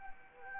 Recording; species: mosquito wingbeat signal from an infrared sensor; Anopheles arabiensis